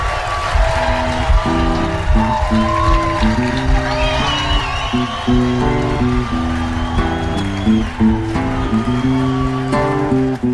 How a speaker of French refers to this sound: Je vous demande d'applaudir et d'accueillir comme il se doit sur le ring pour vous ce soir